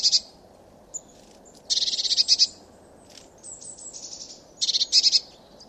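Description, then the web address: Eurasian blue tit giving several short churring bursts of rapid notes, with a fainter similar series between them. "cianscape. Deverinetal"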